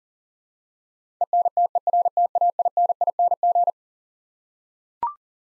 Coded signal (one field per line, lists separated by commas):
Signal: Morse code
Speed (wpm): 40 wpm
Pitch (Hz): 700 Hz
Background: none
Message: ENTERTAINING